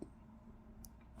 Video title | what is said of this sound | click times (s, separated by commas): YAESU FT1D (FREE ADMS 6 ) SD CARD & SCU19 Cable Set Up | hear the click push it again it's a | 0.9 s